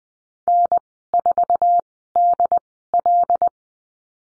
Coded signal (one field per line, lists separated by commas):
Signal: Morse code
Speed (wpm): 20 wpm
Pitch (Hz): 700 Hz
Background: none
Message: N4DL